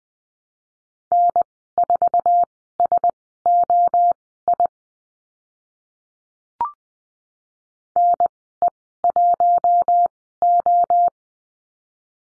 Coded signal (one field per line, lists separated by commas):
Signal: Morse code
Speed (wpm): 20 wpm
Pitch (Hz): 700 Hz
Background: none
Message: N4SOI NE1O